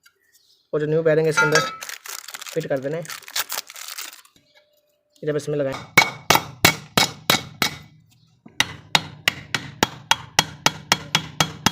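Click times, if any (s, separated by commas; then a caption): none. Someone talks, then a new metal ball bearing is driven into a washing-machine motor housing with a series of sharp, ringing hammer blows. The clip ends before the part goes home, so nothing has seated or clicked yet.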